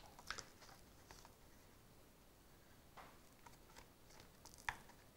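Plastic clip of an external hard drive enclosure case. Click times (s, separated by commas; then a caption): 4.7 s. A pry tool works at the plastic snap-fit case of a WD 10TB Elements Desktop external hard drive enclosure, with small scraping ticks and a sharp tick near 0.3 s. A loud, sharp snap at 4.7 s is a plastic clip letting go, and the case pops open.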